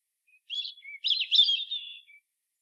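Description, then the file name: European robin phrase: a soft thin note, then a tangled, liquid warble of quick notes, ending in a faint thin note. "Erithacus rubecula"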